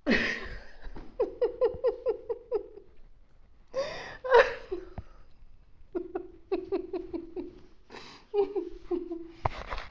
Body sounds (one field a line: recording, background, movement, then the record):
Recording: laughter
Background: quiet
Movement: sitting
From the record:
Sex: female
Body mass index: 21.8 kg/m2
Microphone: on the chest, facing outward